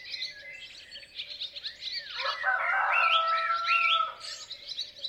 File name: Rooster Crowing Sound